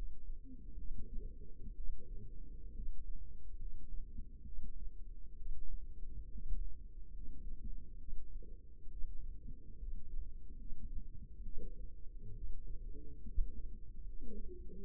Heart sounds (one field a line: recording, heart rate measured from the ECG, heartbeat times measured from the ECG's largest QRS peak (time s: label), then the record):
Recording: heart sounds by microphone in the left ear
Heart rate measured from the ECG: 68 bpm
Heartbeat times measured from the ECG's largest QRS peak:
0.75 s: heartbeat
1.74 s: heartbeat
2.73 s: heartbeat
3.57 s: heartbeat
4.44 s: heartbeat
5.36 s: heartbeat
6.29 s: heartbeat
7.11 s: heartbeat
7.97 s: heartbeat
8.88 s: heartbeat
9.77 s: heartbeat
10.55 s: heartbeat
11.42 s: heartbeat
12.33 s: heartbeat
13.23 s: heartbeat
14.04 s: heartbeat
14.82 s: heartbeat
From the record:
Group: healthy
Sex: female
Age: 22 years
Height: 163 cm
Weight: 67.1 kg